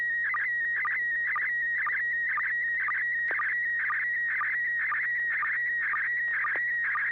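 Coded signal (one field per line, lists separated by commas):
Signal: SSTV (slow-scan television)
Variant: PD120 mode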